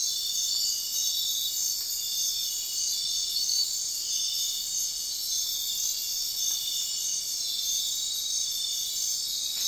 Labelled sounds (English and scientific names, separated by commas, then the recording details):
none
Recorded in dense forest near Puerto Asís, Putumayo, Colombia, on 4 March 2025 at 04:00
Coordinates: 0.500, -76.322
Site GP06